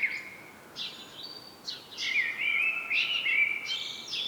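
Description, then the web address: Common blackbird calls: warbling, wavering whistled notes that grow louder toward the end, mixed with brief high squeaky bursts. "SETE Turdus merula"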